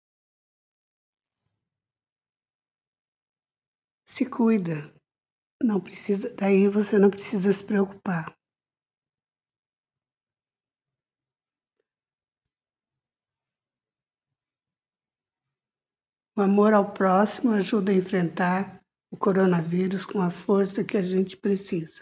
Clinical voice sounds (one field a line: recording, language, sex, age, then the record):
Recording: spoken sentence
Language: Brazilian Portuguese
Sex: female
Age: 60 to 69 years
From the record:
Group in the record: control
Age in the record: 65 years